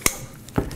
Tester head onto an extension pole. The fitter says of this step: make sure that it clicks the button clicks in place and that it's not moving